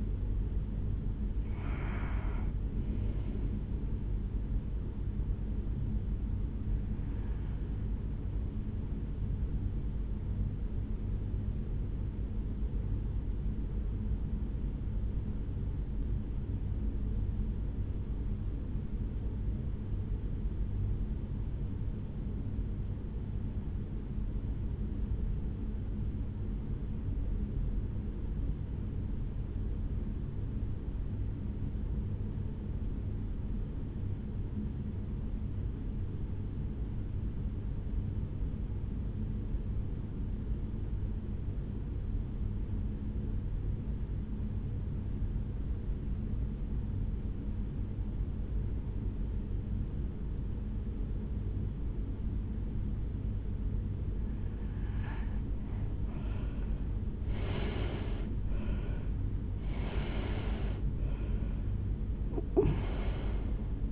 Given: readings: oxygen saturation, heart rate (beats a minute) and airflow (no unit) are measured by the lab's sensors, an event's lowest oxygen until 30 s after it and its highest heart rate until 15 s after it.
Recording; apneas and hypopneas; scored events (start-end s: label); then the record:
breathing in sleep by a smartphone at the bedside; 1
10.00-56.50 s: hypopnea (REM, oxygen 96% highest, then 74% lowest, heart rate 59 at the start, 83 highest)
50.00-63.92 s: new sleep stage, N1 (lightest sleep)
From the record:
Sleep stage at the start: REM sleep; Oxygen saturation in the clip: 76 to 96%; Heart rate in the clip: 59 to 83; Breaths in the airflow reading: 9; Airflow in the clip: -10.4 to 8.6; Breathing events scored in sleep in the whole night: 449 in 7.0 hours asleep